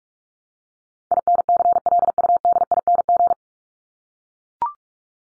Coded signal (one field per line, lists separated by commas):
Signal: Morse code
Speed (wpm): 44 wpm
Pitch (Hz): 700 Hz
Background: none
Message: INCLUDING